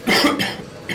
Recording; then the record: coughing mixed with background sound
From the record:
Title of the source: Man Coughing Sound - Wet Cough Sound Effect